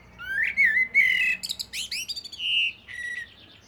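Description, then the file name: Common blackbird song: rising fluted notes, then a quick series of sharp high chips, finishing with a steady whistled note and a lower trailing whistle. "Turdus merula"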